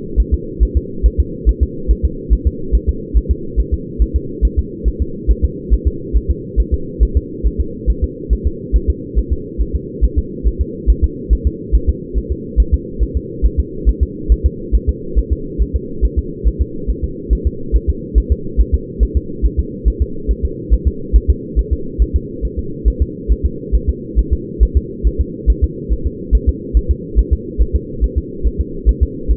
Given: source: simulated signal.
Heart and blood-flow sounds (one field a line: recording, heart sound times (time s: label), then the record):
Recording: fetal heart sounds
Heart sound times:
0.20 s: S1
0.34 s: S2
0.63 s: S1
0.77 s: S2
1.06 s: S1
1.20 s: S2
1.49 s: S1
1.63 s: S2
1.91 s: S1
2.05 s: S2
2.33 s: S1
2.47 s: S2
2.75 s: S1
2.89 s: S2
3.17 s: S1
3.31 s: S2
3.60 s: S1
3.74 s: S2
4.02 s: S1
4.16 s: S2
4.45 s: S1
4.59 s: S2
4.88 s: S1
5.02 s: S2
5.31 s: S1
5.45 s: S2
5.73 s: S1
5.88 s: S2
6.17 s: S1
6.30 s: S2
6.60 s: S1
6.74 s: S2
7.03 s: S1
7.17 s: S2
7.47 s: S1
7.60 s: S2
7.90 s: S1
8.04 s: S2
8.33 s: S1
8.47 s: S2
8.76 s: S1
8.90 s: S2
9.19 s: S1
9.32 s: S2
9.61 s: S1
9.75 s: S2
10.04 s: S1
10.18 s: S2
10.47 s: S1
10.61 s: S2
10.90 s: S1
11.04 s: S2
11.33 s: S1
11.47 s: S2
11.75 s: S1
11.89 s: S2
12.18 s: S1
12.32 s: S2
12.60 s: S1
12.74 s: S2
13.03 s: S1
13.17 s: S2
13.46 s: S1
13.59 s: S2
13.89 s: S1
14.03 s: S2
14.32 s: S1
14.46 s: S2
14.75 s: S1
14.89 s: S2
15.19 s: S1
15.32 s: S2
15.62 s: S1
15.76 s: S2
16.05 s: S1
16.19 s: S2
16.47 s: S1
16.61 s: S2
16.90 s: S1
17.04 s: S2
17.33 s: S1
17.47 s: S2
17.76 s: S1
17.90 s: S2
18.18 s: S1
18.32 s: S2
18.60 s: S1
18.75 s: S2
19.03 s: S1
19.17 s: S2
19.45 s: S1
19.59 s: S2
19.88 s: S1
20.02 s: S2
20.31 s: S1
20.45 s: S2
20.73 s: S1
20.88 s: S2
21.16 s: S1
21.30 s: S2
21.59 s: S1
21.73 s: S2
22.02 s: S1
22.16 s: S2
22.45 s: S1
22.59 s: S2
22.88 s: S1
23.02 s: S2
23.32 s: S1
23.46 s: S2
23.75 s: S1
23.89 s: S2
24.19 s: S1
24.33 s: S2
24.63 s: S1
24.77 s: S2
25.07 s: S1
25.21 s: S2
25.50 s: S1
25.64 s: S2
25.93 s: S1
26.06 s: S2
26.35 s: S1
26.49 s: S2
26.77 s: S1
26.91 s: S2
27.19 s: S1
27.33 s: S2
27.62 s: S1
27.75 s: S2
28.04 s: S1
28.18 s: S2
28.47 s: S1
28.61 s: S2
28.89 s: S1
29.03 s: S2
29.31 s: S1
From the record:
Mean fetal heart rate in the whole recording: 140 bpm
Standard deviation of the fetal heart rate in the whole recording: 2 bpm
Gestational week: 34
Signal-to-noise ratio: -4.3 dB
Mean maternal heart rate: 72 bpm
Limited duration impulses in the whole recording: absent